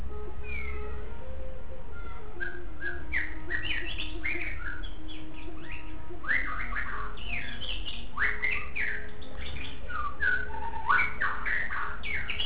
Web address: shanlung 9 2 song meow 2. shanlung 9 shamasong 2